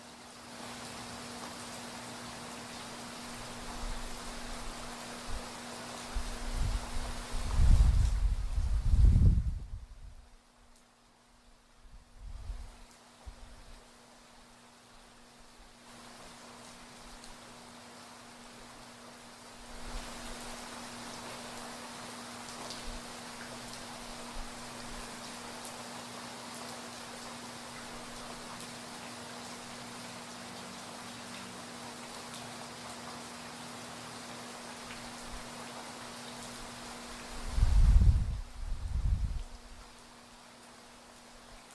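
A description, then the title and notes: Rain falls in a steady, soft hiss through most of the recording, with a constant low hum underneath. Deep rumbles of thunder roll in around eight to ten seconds and again near thirty-eight seconds, swelling briefly before fading back into the rain. Sounds of a gentle thunderstorm as the thunder rolls and rain falls.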